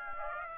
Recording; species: mosquito wingbeat signal from an infrared sensor; Aedes aegypti